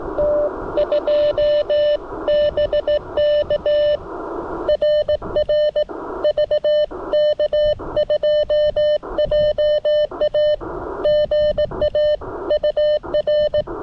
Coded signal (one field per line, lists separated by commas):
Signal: Morse code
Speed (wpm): 18 wpm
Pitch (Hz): 590 Hz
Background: radio noise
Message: T2 BK RR VK2JA GA UR